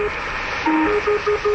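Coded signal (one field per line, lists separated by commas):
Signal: numbers station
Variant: Lincolnshire Poacher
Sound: brief electronic melody of about five short notes over hissy shortwave static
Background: radio static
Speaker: That is the Lincolnshire Poacher.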